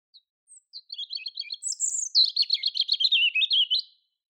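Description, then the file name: European robin song opening with a few soft high notes, then a thin very high whistle running into a long, rapid, warbled trill that wanders downward. "Erithacus rubecula"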